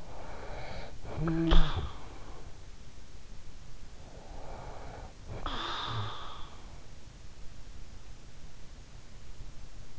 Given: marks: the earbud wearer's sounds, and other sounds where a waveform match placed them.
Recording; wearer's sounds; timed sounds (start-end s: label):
sounds in sleep by an in-ear microphone; snoring breath
0.00-2.43 s: snoring breath
4.20-6.49 s: snoring breath